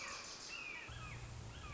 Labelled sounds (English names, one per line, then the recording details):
Red-shouldered Hawk
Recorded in Sonoma County, California